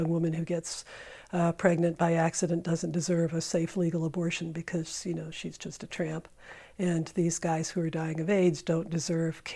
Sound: none